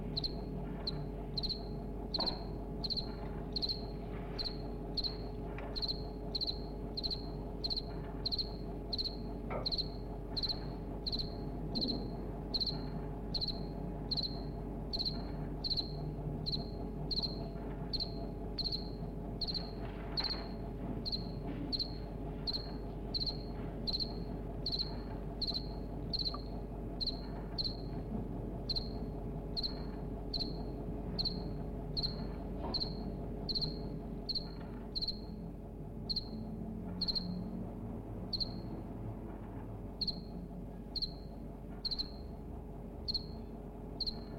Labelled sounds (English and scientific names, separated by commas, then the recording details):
House Cricket (Acheta domesticus)
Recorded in captivity
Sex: male
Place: DE
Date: 1962-02-09 15:45
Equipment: Smaragd, Grundig-Mikrofon
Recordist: unbekannt, keine Angabe
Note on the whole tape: Versuch 8: Gesang von Männchen 1, in Käfig in Nähe (ca. 70 cm) des Schlupfwinkels von Männchen 2 (bei Frau Reschke); Als Männchen 2 am Käfig herumklettert, verfällt Männchen 1 in Balzgesang